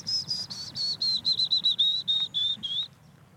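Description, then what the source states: Willow warbler song, a series of about a dozen clear whistled notes sliding gently downward in pitch, ending abruptly, over a low background rumble. Heard in a reed marsh area in North Holland, Netherlands, in the middle of the day.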